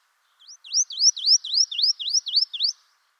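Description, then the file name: Marsh tit repeating high, sharply rising notes, about nine in a fast, steady run lasting just over two seconds, with nothing else heard. "Poecile palustris"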